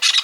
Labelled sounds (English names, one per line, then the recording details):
Brown-throated Parakeet contact call
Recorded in Venezuela
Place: Guárico; Corozopando; Fundo La Fe
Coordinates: 8.506, -67.593